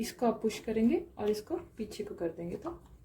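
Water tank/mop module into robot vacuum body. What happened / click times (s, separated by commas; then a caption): Handled, not yet home: the plastic module has not latched / none. Someone talks while a plastic water tank/mop module, lined up from below and the side, is being fitted into the body of a Viomi Alpha S9 robot vacuum by pushing its button and sliding the module back toward the latch. Only speech is heard, with no distinct click. The module is handled but has not seated or clicked yet.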